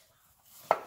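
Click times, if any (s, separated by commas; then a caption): 0.7 s. A plastic engine cover is pushed back down onto the engine of a 2007 Dodge Charger 6.1 Hemi after the spark plugs were replaced. After a quiet lead-in with some low rustling, a single sharp click at 0.7 s shows the cover snapping into place, seated. No one talks.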